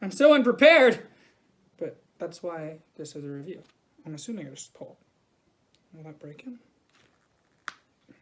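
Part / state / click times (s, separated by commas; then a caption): action figure hand on its plastic wrist peg / released / 7.7 s. Someone talks while pulling the hand of a plastic action figure off its wrist peg. A sharp click is heard at 7.7 s as the hand pops off the peg and is released.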